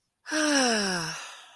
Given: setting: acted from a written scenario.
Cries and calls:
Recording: vocal sound without words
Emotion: contentment

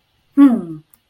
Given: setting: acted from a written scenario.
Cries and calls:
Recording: vocal sound without words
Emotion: pride

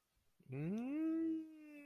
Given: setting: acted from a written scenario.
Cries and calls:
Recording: vocal sound without words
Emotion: realization

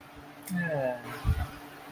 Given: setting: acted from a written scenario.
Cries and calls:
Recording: vocal sound without words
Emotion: romantic love

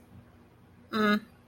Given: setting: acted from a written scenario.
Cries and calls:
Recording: vocal sound without words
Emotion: neutral

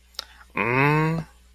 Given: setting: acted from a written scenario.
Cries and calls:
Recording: vocal sound without words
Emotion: contempt

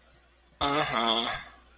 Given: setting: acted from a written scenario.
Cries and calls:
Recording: vocal sound without words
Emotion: shame

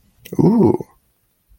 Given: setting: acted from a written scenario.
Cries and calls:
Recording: vocal sound without words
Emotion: desire

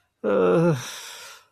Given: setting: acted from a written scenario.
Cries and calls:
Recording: vocal sound without words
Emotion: embarrassment

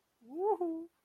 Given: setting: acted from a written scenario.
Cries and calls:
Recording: vocal sound without words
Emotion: ecstasy

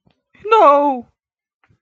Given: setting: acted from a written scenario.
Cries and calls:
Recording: vocal sound without words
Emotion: fear

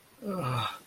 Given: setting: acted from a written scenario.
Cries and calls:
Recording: vocal sound without words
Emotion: disappointment

